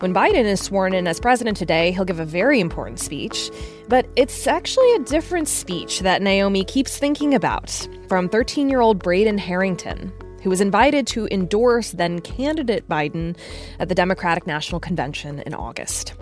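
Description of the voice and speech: One adult narrator speaks fluently at an ordinary pace, with smooth phrasing and no repeats or blocks.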